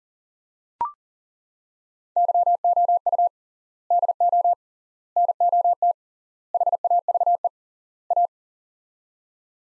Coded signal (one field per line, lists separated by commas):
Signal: Morse code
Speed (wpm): 40 wpm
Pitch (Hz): 700 Hz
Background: none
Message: YOU DO NOT HAVE A